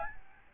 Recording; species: mosquito wingbeat signal from an infrared sensor; Aedes albopictus